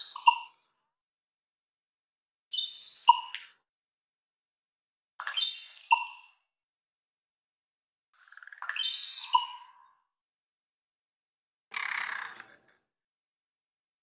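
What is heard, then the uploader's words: A Common Raven produces short bursts of clicks, snaps and whistled tones, five separate groups spaced roughly every two to three seconds. Each burst mixes sharp clicks with brief mid-pitched whistles, the last sounding rougher and breathier. Silence fills the gaps between. Common Raven, Corvus corax, collection of non-vocal "mechanical" or primarily non-vocal sounds, clicking tongues, bill snaps, whistling, etc, isolated. Recorded in the beautiful Pacific Northwest, Washington, United States.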